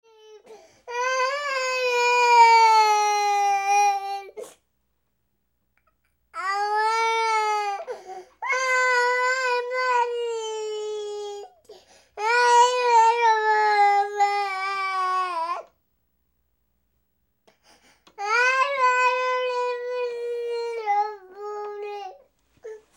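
A baby crying in a series of long, high-pitched wails separated by short pauses for breath.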